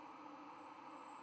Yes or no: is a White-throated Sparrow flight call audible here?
no